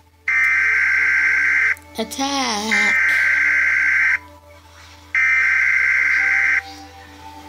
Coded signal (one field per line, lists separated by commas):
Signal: Emergency Alert System (SAME) tones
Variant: header bursts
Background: speech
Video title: Emergency alert system